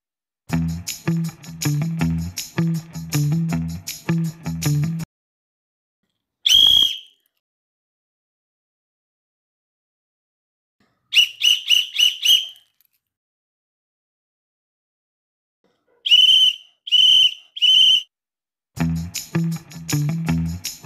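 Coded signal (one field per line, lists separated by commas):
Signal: whistle signal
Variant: Girl Scouts of the Philippines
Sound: trilling pea-whistle blasts: one, then about four short, then three, between music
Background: music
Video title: GIRL SCOUT WHISTLE SIGNAL||GSP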